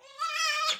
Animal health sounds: pig call; piglet (1 to 25 days)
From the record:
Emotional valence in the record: negative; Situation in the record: restrain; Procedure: in the arms of a person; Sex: male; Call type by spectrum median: high-frequency call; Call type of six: mixed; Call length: 0.80 s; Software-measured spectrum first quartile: 1632 Hz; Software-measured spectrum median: 2637 Hz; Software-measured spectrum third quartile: 4385 Hz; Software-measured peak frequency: 1293 Hz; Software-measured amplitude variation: 140 dB a second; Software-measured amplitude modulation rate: 20.6 a second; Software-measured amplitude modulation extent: 6.8 dB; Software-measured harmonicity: 10.7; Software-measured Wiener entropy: -2.54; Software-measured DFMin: 632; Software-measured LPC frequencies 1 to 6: 1259, 1823, 2467, 3352, 4443, 5118 Hz

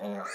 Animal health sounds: pig call; piglet (1 to 25 days)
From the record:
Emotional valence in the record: negative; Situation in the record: long isolation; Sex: female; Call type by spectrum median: low-frequency call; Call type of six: mixed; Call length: 0.36 s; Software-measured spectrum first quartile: 406 Hz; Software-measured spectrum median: 836 Hz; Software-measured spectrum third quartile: 1945 Hz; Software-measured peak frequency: 598 Hz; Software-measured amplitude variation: 78 dB a second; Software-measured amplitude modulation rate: 16.8 a second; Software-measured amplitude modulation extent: 4.6 dB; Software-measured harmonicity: 2.5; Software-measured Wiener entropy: -1.46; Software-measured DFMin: 589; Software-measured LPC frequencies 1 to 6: 543, 1300, 1879, 3742, 4599, 6104 Hz

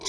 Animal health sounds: pig call; weaner (32 to 43 days)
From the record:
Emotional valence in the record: negative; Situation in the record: novel object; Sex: female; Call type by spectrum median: high-frequency call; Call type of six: high-frequency stable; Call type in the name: high-frequency stable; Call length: 0.08 s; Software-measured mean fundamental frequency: 167 Hz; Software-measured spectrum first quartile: 2022 Hz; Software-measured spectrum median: 4085 Hz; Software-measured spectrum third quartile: 5780 Hz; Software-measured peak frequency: 5801 Hz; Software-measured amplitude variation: 123 dB a second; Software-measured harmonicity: 1.1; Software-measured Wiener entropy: -1.75

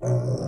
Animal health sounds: pig call; weaner (32 to 43 days)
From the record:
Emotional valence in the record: positive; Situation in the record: positive conditioning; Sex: female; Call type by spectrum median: low-frequency call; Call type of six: low-frequency stable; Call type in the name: low-frequency stable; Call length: 0.49 s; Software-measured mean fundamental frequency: 62 Hz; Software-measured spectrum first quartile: 126 Hz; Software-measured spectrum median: 233 Hz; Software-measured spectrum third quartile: 556 Hz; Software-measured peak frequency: 131 Hz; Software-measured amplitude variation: 102 dB a second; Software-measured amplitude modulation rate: 15.4 a second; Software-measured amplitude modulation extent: 6.6 dB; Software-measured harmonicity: 0.9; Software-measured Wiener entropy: -0.80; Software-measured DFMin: 2521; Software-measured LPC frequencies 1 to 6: 556, 5381, 6093, 8012, 9086, 9794 Hz

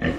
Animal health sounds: pig call; growing-finishing pig (85 days or more)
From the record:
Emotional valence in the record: negative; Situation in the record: barren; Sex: female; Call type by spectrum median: low-frequency call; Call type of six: low-frequency stable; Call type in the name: low-frequency stable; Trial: 4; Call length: 0.19 s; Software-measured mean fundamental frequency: 45 Hz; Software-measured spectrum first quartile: 222 Hz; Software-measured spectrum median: 511 Hz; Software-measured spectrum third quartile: 1480 Hz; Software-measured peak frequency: 260 Hz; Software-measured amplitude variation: 117 dB a second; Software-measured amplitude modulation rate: 21.2 a second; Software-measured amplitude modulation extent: 5.5 dB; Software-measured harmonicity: 0.1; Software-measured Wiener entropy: -1.73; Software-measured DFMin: 867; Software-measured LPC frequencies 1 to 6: 398, 1808, 2953, 4054, 5000, 5711 Hz

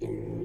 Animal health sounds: pig call; weaner (32 to 43 days)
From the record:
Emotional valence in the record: positive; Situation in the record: positive conditioning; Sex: female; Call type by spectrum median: low-frequency call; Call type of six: low-frequency stable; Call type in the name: low-frequency stable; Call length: 0.44 s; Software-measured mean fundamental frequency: 54 Hz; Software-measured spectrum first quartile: 142 Hz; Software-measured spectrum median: 293 Hz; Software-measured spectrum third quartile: 385 Hz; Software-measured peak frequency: 354 Hz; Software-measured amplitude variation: 148 dB a second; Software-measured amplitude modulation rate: 31.5 a second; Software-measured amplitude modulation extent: 4.7 dB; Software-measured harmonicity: 1.4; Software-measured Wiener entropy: -0.15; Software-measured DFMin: 1261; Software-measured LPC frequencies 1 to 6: 358, 2083, 3405, 4163, 6496, 8047 Hz

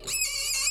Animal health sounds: pig call; weaner (32 to 43 days)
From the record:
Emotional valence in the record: negative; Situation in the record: novel object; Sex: female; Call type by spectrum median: high-frequency call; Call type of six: high-frequency stable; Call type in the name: high-frequency stable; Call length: 0.70 s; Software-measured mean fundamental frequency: 502 Hz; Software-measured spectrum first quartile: 3812 Hz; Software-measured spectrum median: 6105 Hz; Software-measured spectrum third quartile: 8190 Hz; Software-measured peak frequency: 7628 Hz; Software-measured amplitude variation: 94 dB a second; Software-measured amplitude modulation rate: 21.3 a second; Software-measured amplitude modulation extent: 4.4 dB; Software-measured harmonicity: 8.1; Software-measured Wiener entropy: -2.85

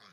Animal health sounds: pig call; piglet (1 to 25 days)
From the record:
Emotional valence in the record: positive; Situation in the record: short reunion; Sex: male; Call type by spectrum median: low-frequency call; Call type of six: low-frequency tonal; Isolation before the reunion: 3 minutes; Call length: 0.12 s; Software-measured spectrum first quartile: 1125 Hz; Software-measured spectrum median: 2258 Hz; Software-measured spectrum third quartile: 4312 Hz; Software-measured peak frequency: 182 Hz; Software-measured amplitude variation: 60 dB a second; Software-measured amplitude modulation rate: 4.0 a second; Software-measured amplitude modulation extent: 15.1 dB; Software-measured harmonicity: -1.4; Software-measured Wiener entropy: -1.11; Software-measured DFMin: 467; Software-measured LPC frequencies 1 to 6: 1251, 2059, 3396, 4302, 4756, 5270 Hz

